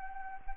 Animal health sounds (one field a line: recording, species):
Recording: mosquito wingbeat signal from an infrared sensor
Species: Anopheles arabiensis